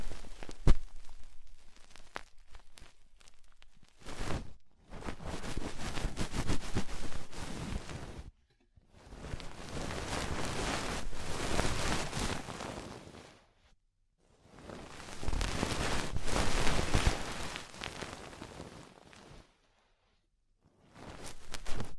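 Ear cleaning sounds, rhinestones and clay being removed, come as dense crackly scraping bursts lasting a few seconds each. The bursts fill a wide range from low rumble to bright hiss, with sharp clicks near the start, and are separated by short near-silent pauses around 8, 13.5 and 20 seconds.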